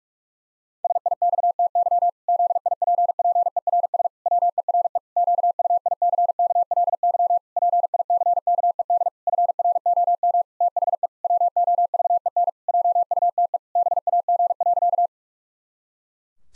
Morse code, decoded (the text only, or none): SIXTY ZIPPERS WERE QUICKLY PICKED FROM THE WOVEN JUTE BAG.